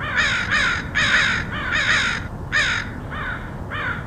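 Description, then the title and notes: Crows giving rapid raspy caws, several nearly run together, then fading to softer calls, over low steady noise. Crows recorded in Portland, Oregon, in August 2003. "Crows of Portland. Crows recorded by Dan Bodah in Portland, OR, August 2003"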